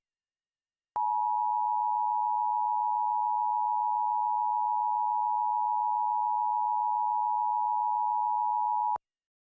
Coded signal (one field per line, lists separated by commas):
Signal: Emergency Alert System (SAME) tones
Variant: 853 and 960 Hz attention tone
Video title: EAS Mock #2 "Fazbear's Escape"